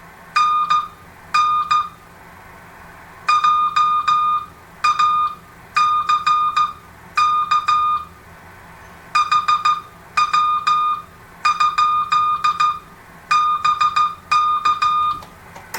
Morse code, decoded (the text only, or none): NN JACK HW? BK